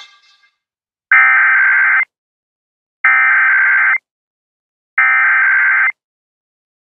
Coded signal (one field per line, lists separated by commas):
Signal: Emergency Alert System (SAME) tones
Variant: header bursts